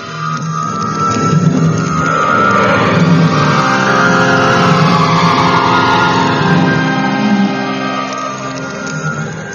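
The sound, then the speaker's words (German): A car engine starts up and revs, its pitch climbing as the car pulls away to drive a passenger to the hospital, holding a steady, loud drone for several seconds before tapering off toward the end. “Kommen Sie, ich fahre Sie zum Krankenhaus. Ich weiß nicht recht. Aber wenn Sie meinen... Dort steht mein Wagen. Steigen Sie ein.”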